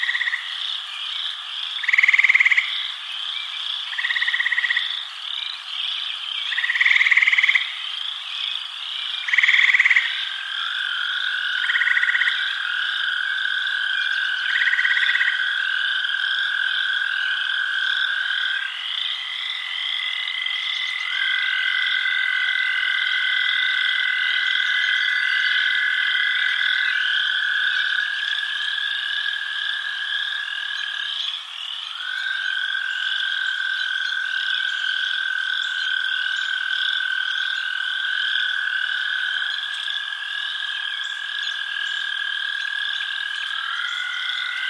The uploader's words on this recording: Nighttime in the Bayou: Relaxing Sounds of Southern Nature. The peaceful ambiance of the Southern Bayou at night.